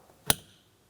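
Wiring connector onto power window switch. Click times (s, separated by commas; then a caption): 0.3 s. An electrical connector is pressed onto a rear power window switch of a 2007–2014 GMC Sierra 2500 HD with its locking tab lined up. A single sharp, bright click is heard at 0.3 s, standing out from near silence. A light tug afterward shows that the connector holds, seated on the switch.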